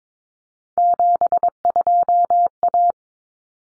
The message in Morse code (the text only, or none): 72A